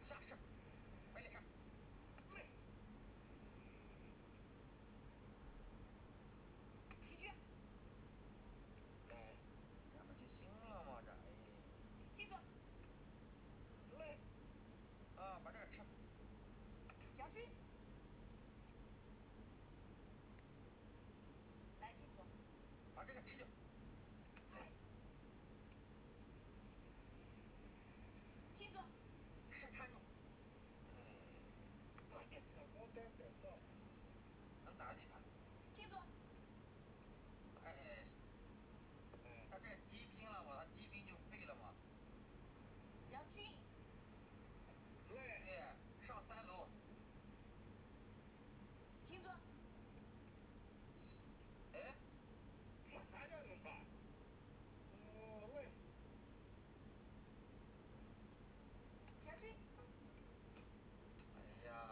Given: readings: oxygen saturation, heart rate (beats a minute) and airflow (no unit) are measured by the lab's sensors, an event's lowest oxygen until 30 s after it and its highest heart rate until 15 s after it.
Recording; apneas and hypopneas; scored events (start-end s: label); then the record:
a person awake in a sleep study, by a voice recorder at the bedside; none
0.00-61.92 s: awake
From the record:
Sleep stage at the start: awake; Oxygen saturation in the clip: 96%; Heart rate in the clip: 76 to 81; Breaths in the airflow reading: 16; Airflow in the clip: -3.3 to 4.4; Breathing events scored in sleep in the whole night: 131 in 7.2 hours asleep